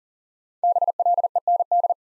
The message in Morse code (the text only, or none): BLEND